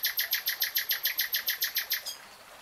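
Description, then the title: Nightingale song: a fast, even series of loud, broad, rattling notes, then a brief softer ending. Nightingale singing in real time. "[Tiếng chim hót] 3 Hours REALTIME Nightingale Singing"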